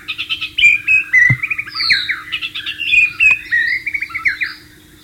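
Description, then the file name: White-rumped shama song, a rich flowing mix of whistles, slurs and quick chattering notes with an occasional sharp click. Wild bird, recorded in the wild. "suara burung murai batu di alam liar"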